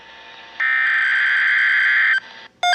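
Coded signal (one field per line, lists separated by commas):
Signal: Emergency Alert System (SAME) tones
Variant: header bursts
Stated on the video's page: Tornado watch with watch tone, received on a Midland HH54VP handheld weather alert radio from station KEC56, recorded on an iPhone.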